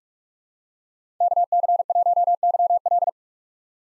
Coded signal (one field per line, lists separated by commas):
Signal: Morse code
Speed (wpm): 47 wpm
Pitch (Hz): 700 Hz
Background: none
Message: KC1YL